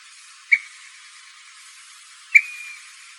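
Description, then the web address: Ash-throated flycatcher giving two short, sharp calls about two seconds apart, each a clipped note with a brief trailing tail, on a quiet background. Calls; Arizona. "Flycatchers AZFO ATFL CALLS deviche"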